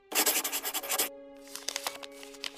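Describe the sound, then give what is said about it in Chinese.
A pen scratches quickly across paper as someone signs a written pledge, in a burst of rough, rhythmic strokes for about a second, then a few lighter, scattered scratches follow over a faint steady hum. “小姐，拿纸笔过来，让雷少签字。”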